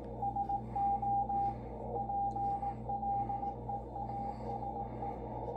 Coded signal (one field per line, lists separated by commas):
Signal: Morse code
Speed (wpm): 18 wpm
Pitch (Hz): 800 Hz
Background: radio noise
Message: SO PLEASE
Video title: Yaesu FTdx10 Playing around with the CW Morse code decoder